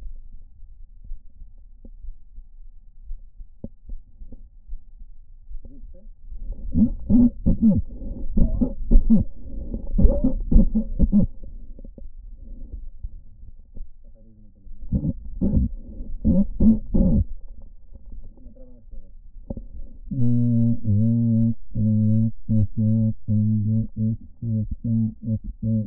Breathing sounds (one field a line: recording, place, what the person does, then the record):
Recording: lung sounds by stethoscope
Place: right anterior apical chest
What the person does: quiet breathing, then cough and speech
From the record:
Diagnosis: pulmonary infection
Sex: male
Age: 86 years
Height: 165 cm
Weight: 65 kg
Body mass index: 23.9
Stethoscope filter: diaphragm mode